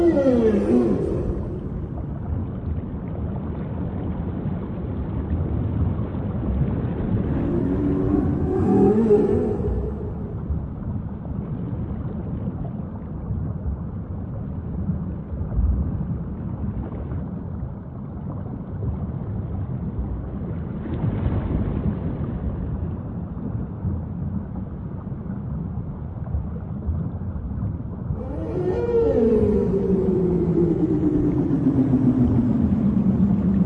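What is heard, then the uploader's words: Whale calls sweep up and down around 0, 9 and 29 seconds over a constant low rumbling wash, with brighter clicks at those moments. Nature Whale Sounds. Whales Sound Effects.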